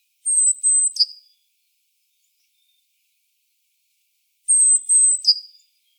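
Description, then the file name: Great tit calling twice: each call is a thin, very high held whistle that ends in a short, lower note. The calls are separated by about three seconds of silence. "Parus major"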